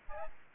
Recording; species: mosquito wingbeat signal from an infrared sensor; Aedes albopictus